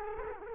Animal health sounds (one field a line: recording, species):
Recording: mosquito wingbeat signal from an infrared sensor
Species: Culex quinquefasciatus